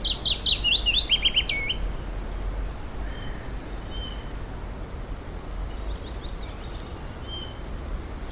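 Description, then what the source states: Willow warbler song: one sweet descending phrase of quick whistled notes at the start, then only faint thin notes over a steady low rumble. First willow warbler of the spring, in a tree right next to the walkers; three descending song phrases recorded before it was scared off.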